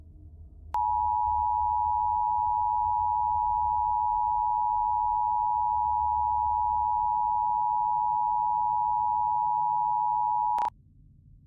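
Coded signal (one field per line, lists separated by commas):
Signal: Emergency Alert System (SAME) tones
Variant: 853 and 960 Hz attention tone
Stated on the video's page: Simulated EAS scenario, audio made with text-to-speech voices on an iPod touch.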